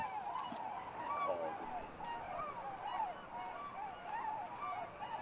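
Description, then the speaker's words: Tundra Swans calling as a flock, with many soft, overlapping, wavering hoots and honks in a steady chorus. Featured as the wildlife of the week. "I hear tundra swans. Awesome."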